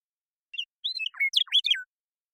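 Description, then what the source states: Western meadowlark song: a quick jumble of fluting whistles and gurgling slurred notes, rising and falling, ending in a downslurred whistle, on a silent background. Song, in the Pacific Northwest, Washington, United States; isolated and processed, natural pace and rhythm kept.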